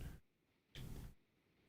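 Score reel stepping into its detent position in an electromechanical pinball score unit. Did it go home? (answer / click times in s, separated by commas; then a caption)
no / none. A score reel in an electromechanical pinball score unit is stepped by hand from eight to nine. Two short broadband bursts of noise are heard, one at the very start and a louder one at 0.8 s lasting about half a second, with quiet in between. The reel's detent has not seated in the nine position, and nothing has clicked into place.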